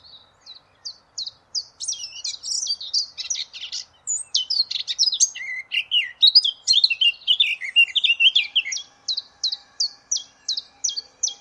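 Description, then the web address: Eurasian blackcap song: short clipped notes repeated at a steady pace, then a rich, fast warble of varied whistles, then a return to evenly spaced short notes. "cianscape birddata Deverinetal 2025"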